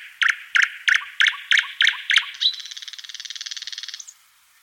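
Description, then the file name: Thrush nightingale song: seven loud, evenly spaced hard chock notes, then a fast dry rattle lasting about one and a half seconds. "Solovej obyknovennyj Luscinia luscinia - Penie"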